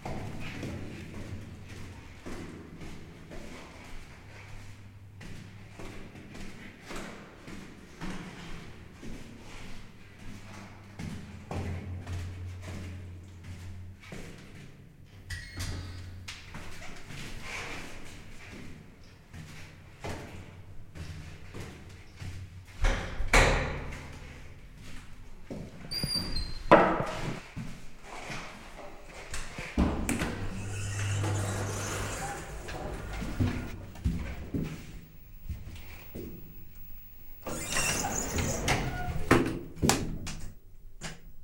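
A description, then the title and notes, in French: Corridors and lifts in Paris: a low mechanical hum runs throughout under scattered thumps, clicks and footstep-like knocks. Louder sliding and slamming door sounds break in around 23–27 seconds and again near 31 and 38 seconds, with bright hissing bursts. Couloirs et ascenseurs d'un périple parisien.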